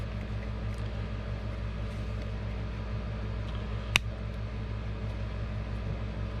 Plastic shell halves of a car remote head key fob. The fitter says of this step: Gently squeeze it, you'll hear it pop, snap, whatever you want to call it.